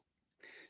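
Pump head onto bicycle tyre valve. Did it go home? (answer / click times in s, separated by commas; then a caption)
yes / 0.3 s. The head of a mini floor bike pump is fitted onto a bicycle tyre valve and locked in place. A sharp, very short click is heard at 0.3 s, followed by a longer, broad, noisy sound from about 0.4 s to the end. The pump head is seated and locked onto the valve.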